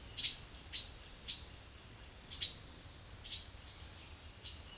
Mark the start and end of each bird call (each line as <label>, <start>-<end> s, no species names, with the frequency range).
bird call (2.3-6.7 kHz), 0.00-4.77 s